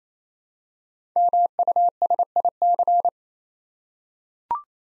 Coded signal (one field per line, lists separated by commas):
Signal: Morse code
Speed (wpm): 29 wpm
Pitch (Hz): 700 Hz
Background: none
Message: MUSIC